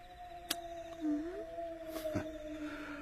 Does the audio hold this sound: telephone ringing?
no